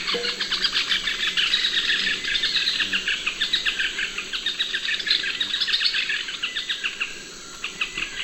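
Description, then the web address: Yellow-billed nunbird giving a dense, rapid chatter of sharp overlapping notes for the whole stretch, dipping briefly near the end. Recorded in the eastern lowlands of South America. "Natures Songs S America Eastern Lowlands. Yellow-billed Nunbird"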